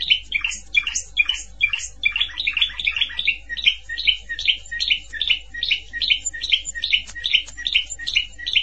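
Canary song of rapid, regularly repeated chirped notes at about two to three per second, above a low constant hum.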